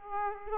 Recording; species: mosquito wingbeat signal from an infrared sensor; Aedes aegypti